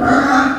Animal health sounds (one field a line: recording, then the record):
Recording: squeal of a Yucatan mini pig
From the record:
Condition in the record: after surgery on the right vocal fold (resection and tissue-engineered implant)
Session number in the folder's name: 7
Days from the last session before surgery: 47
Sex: female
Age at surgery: 19 weeks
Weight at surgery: 25 kg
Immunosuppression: prednisolone